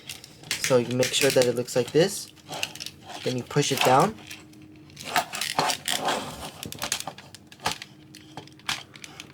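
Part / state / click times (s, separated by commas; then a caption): plastic arm section of an action figure clicking into its locked position / not seated / none. Someone talks while handling a plastic Transformers Studio Series 55 Construction Scavenger action figure, positioning an arm section and pushing it down toward its locked position during transformation. Short plastic taps and rattling handling noises are heard between the speech. The arm part has not seated or clicked into place yet.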